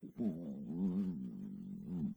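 A two-second low, wavering, drawn-out gurgling growl from an adult's stomach, typical of ordinary tummy rumbling from gas and fluid moving.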